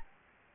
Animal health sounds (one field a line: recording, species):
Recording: mosquito wingbeat signal from an infrared sensor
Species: Aedes albopictus